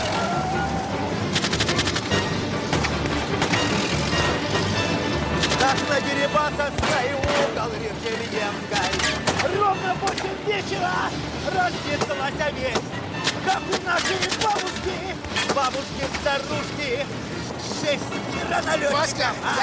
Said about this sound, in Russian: Тем временем одна из милицейских машин догоняет грузовик. Опера и бандиты стреляют из окон машин.